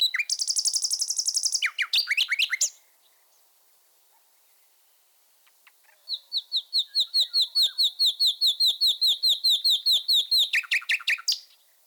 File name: bioakusztika fulemule